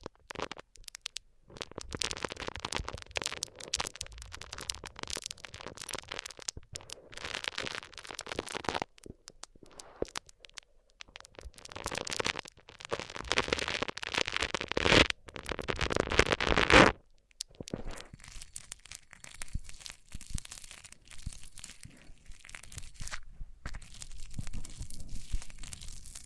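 A microphone is rubbed across different surfaces, giving dense, scratchy bursts of crackling and tearing noise that come in uneven runs with brief silent gaps near 1, 10 and 17 seconds. After 17 seconds the rubbing turns softer and thinner.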